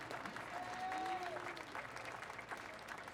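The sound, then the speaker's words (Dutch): A crowd at a protest against racism and fascism claps steadily in dense, sustained applause lasting a few seconds, with a brief high whistle rising above the clapping early on. “Dus applaus voor jullie zelf.”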